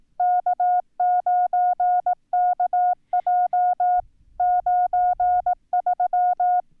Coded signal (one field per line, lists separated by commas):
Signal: Morse code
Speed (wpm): 18 wpm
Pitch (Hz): 720 Hz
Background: none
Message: K9KJ 93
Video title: Setting up N1MM with CW